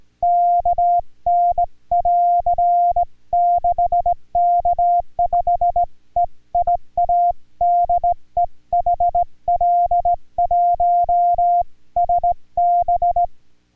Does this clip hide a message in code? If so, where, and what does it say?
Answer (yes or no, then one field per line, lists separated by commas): yes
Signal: Morse code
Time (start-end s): 0.2-13.3 s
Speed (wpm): 17 wpm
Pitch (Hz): 700 Hz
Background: music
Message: KN <AR> 6K5EIA DE HL1SB